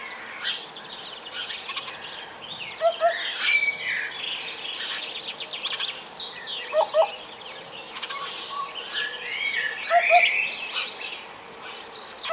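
A hoopoe gives soft, low paired hoots about every three to four seconds, near 3, 7 and 10 seconds. Around it, other birds chirp and warble busily in higher voices, with a faint steady outdoor hiss underneath.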